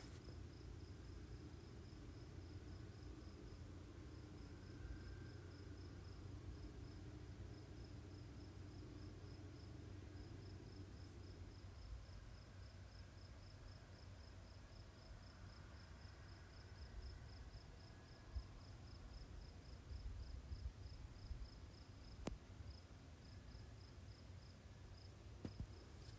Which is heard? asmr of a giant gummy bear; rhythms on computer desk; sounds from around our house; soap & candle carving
sounds from around our house